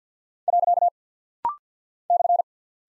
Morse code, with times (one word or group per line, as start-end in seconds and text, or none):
0.5-0.9 .
2.1-2.4 /